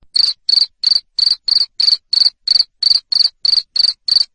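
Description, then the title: Cricket producing a steady series of short pulsed chirps, about three every second, without a break. Loud cricket chirping, used to stimulate lovebirds to sing continuously. "Suara JANGKRIK NGERIK Keras Bikin LOVEBIRD Jadi NGEKEK Terus Vubey"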